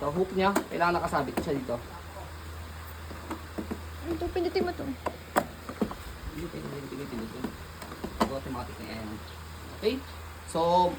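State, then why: Seated. An infant car seat is hooked onto a Nuna Trvl stroller frame and pressed down until its lock engages automatically, with a sharp click at 5.4 s followed by a few smaller knocks while someone talks. It locks in, and it is shown to be locked because lifting the car seat lifts the stroller too.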